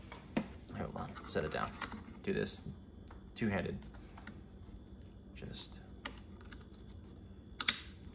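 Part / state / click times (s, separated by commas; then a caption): polymer rail cover into M-LOK handguard slot / seated / 7.6 s, 7.7 s. Someone talks while pressing a polymer M-LOK rail cover down two-handed onto the aluminum handguard slot of an MK18, with light scattered taps and rustling before it. Two sharp snaps at 7.6 s and 7.7 s mark the cover clicking into place, seated securely in the slot.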